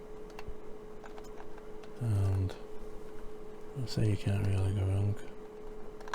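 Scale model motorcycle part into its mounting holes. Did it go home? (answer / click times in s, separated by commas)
yes / 6.1 s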